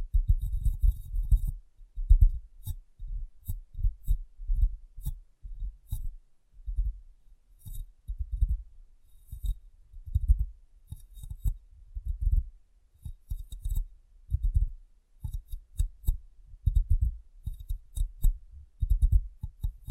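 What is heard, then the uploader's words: Tapping and cleaning on a glass brain: soft, low, muffled taps come in quick, uneven clusters throughout, several per second with brief pauses between groups. Faint, thin crackles and scratchy ticks sit high above the thumps, flickering along with them. ASMR Glass Brain Tapping & Cleaning (No Talking).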